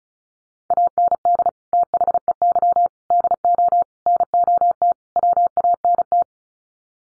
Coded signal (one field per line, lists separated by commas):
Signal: Morse code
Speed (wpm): 34 wpm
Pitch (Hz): 700 Hz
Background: none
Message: AND THEY DO NOT WANT